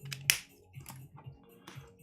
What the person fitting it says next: Ooh, that was a nice little click.